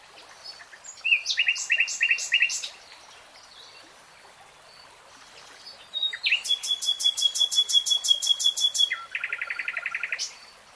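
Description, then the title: Nightingale singing a rich, loud phrase of repeated chopping notes, a pause, then a fast metallic trill that drops into a lower rapid rattle. Nightingale singing in real time. "[Tiếng chim hót] REALTIME Nightingale Singing"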